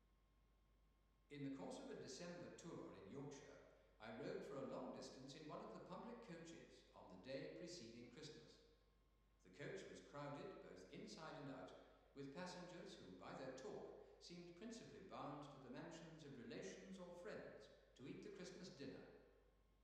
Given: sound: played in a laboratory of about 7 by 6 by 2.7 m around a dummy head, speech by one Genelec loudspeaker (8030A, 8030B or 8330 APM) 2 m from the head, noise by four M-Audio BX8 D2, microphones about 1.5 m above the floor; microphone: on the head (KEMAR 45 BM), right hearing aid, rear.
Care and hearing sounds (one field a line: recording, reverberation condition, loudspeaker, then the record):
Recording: male speech in English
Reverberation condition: high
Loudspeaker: behind (180 degrees)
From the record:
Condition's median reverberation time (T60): about 1300 ms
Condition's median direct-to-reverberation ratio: about -4.0 dB